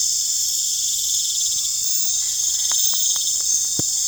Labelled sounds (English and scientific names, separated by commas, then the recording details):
none
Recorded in pastures near Puerto Asís, Putumayo, Colombia, on 16 December 2024 at 19:30
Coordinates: 0.466, -76.322
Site G040